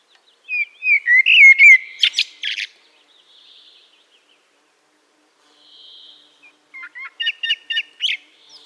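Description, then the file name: Eurasian blackbird song: a fluted whistled phrase with sharp high clicks, then after a pause a phrase of quick, repeated notes. "Turdus merula"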